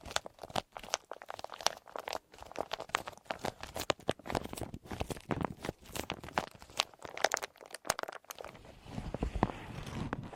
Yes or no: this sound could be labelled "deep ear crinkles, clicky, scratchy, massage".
yes